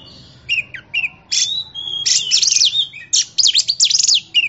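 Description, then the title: Oriental magpie-robin song of varied whistles, downslurred notes and harsh chattering phrases that grow fuller and faster toward the end. Champion bird. "Kicau Burung Kacer Juara"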